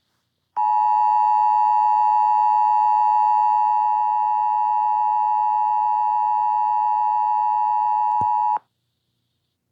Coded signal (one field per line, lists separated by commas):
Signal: Emergency Alert System (SAME) tones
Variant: 853 and 960 Hz attention tone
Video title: EAS Scenario Titipo Titipo